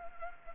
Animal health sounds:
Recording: mosquito wingbeat signal from an infrared sensor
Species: Culex pipiens

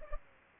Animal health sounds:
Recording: mosquito wingbeat signal from an infrared sensor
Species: Culex pipiens

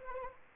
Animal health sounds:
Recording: mosquito wingbeat signal from an infrared sensor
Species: Anopheles arabiensis

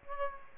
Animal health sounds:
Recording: mosquito wingbeat signal from an infrared sensor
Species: Aedes aegypti

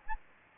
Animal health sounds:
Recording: mosquito wingbeat signal from an infrared sensor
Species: Anopheles gambiae

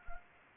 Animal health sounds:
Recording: mosquito wingbeat signal from an infrared sensor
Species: Anopheles gambiae

